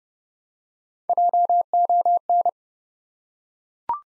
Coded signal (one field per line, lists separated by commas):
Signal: Morse code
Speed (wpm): 30 wpm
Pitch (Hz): 700 Hz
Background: none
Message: JON